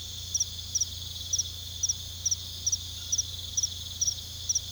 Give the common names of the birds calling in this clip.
none